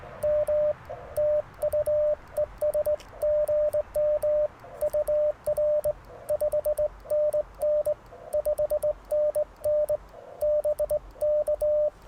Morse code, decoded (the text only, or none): M TU ES GM UR 5NN 5NN BK